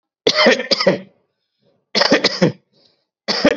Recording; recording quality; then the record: shallow voluntary cough; excellent, no background noise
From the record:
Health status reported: COVID-19 positive, mild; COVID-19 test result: positive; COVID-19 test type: RT-PCR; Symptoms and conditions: cough, fever, muscle pain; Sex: male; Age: 50 years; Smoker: no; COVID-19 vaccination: both doses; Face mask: not worn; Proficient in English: no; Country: India